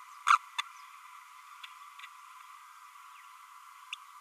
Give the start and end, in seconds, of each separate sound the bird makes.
0.27-0.38, 0.58-0.61